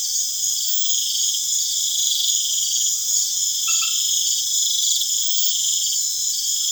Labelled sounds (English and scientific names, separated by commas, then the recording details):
none
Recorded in pastures near Puerto Asís, Putumayo, Colombia, on 25 June 2025 at 20:00
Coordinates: 0.502, -76.324
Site G010